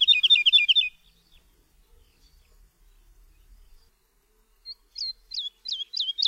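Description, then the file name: Woodlark song: a short rich descending trill, a quiet pause of several seconds, then spaced repeated high slurred notes resuming. "LERKA"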